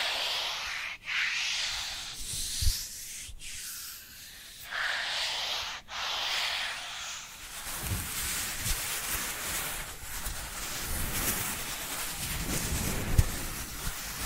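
Dry hands rub together in a steady, scratchy hiss, the strokes bright and papery. During the first seven seconds the rubbing comes in long passes broken by brief pauses around 1, 3.3 and 5.8 seconds. After that it turns denser and rougher, with a few soft low thumps.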